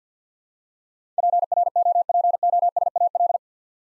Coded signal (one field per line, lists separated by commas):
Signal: Morse code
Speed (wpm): 48 wpm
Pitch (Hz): 700 Hz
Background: none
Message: PROPOSAL